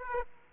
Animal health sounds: mosquito wingbeat signal from an infrared sensor; Aedes aegypti

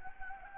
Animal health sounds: mosquito wingbeat signal from an infrared sensor; Anopheles gambiae

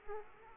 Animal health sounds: mosquito wingbeat signal from an infrared sensor; Aedes aegypti

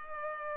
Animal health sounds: mosquito wingbeat signal from an infrared sensor; Culex pipiens

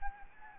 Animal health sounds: mosquito wingbeat signal from an infrared sensor; Anopheles gambiae

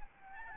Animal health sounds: mosquito wingbeat signal from an infrared sensor; Aedes albopictus

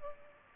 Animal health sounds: mosquito wingbeat signal from an infrared sensor; Culex pipiens

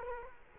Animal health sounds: mosquito wingbeat signal from an infrared sensor; Culex quinquefasciatus

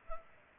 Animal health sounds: mosquito wingbeat signal from an infrared sensor; Culex pipiens

